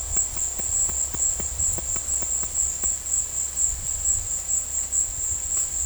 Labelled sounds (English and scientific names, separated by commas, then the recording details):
none
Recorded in dense forest near Puerto Asís, Putumayo, Colombia, on 20 February 2024 at 15:30
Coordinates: 0.487, -76.319
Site G6403